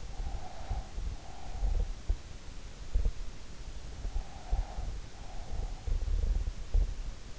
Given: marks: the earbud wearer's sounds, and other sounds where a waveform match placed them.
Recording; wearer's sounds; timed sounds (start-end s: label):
sounds in sleep by an in-ear microphone; breath
0.00-2.29 s: breath
3.97-6.33 s: breath